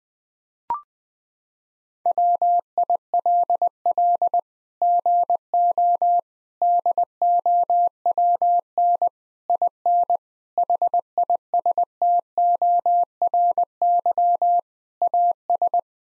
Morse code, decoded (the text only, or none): WILL GO DOWN IN HISTORY AS